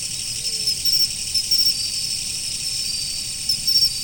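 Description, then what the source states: Insects form a continuous high shimmering chorus, and a few louder bursts of rapid chirps rise above it now and then. Autumn.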